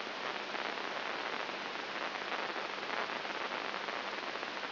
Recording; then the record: brain microelectrode recording played as sound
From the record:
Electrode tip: inside the subthalamic nucleus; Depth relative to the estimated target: -1 mm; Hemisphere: left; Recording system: AlphaMap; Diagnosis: Parkinson's disease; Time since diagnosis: 7 years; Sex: female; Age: 55 years